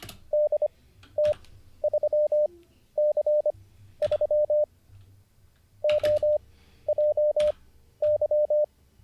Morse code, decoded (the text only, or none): DT3C3 OJY